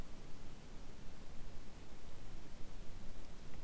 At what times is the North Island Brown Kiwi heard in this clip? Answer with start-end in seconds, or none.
none